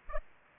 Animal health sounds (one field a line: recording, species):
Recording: mosquito wingbeat signal from an infrared sensor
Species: Aedes aegypti